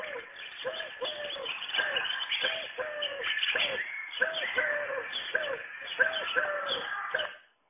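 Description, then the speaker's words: Collared dove cooing, many repeated coos over a busy background of higher chirping birds throughout. Call said to sound like 'United, United'. "now let's go to the collared dove, another one that you can hear, which is reported to say United, United."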